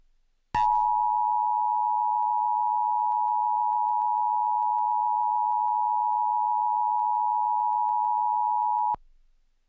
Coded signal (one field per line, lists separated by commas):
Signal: Emergency Alert System (SAME) tones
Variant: 853 and 960 Hz attention tone